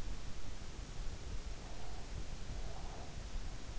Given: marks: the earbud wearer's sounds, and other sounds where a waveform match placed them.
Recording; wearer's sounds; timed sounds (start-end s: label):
sounds in sleep by an in-ear microphone; breath
1.59-3.19 s: breath